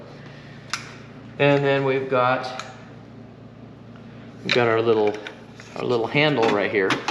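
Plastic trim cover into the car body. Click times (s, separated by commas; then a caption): 0.7 s. A plastic trim cover on a Cadillac CTS is pressed back into the car body during a carbon front splitter, side skirt and rear spoiler install, giving a single sharp click at 0.7 s as it snaps into place. Someone talks afterward, with a fainter sound near 4.0 s.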